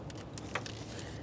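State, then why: Seated. A plastic coolant hose fitting on a 2013-2020 Ford Fusion 2.0L L4 is aligned and pressed into its locating port at the top corner of the radiator, and both locking tabs click at 0.6 and 0.7 seconds. Another short tick follows near 1.0 seconds over a low steady background. The fitting is tugged to check and is confirmed seated, with both tabs locked.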